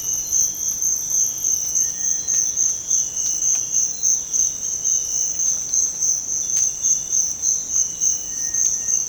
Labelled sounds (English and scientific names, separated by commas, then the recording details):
none
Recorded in dense forest near Puerto Asís, Putumayo, Colombia, on 21 December 2024 at 06:00
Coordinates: 0.481, -76.323
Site G100